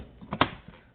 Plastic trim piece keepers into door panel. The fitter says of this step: Here it lock. These two little keepers right here actually locked into place.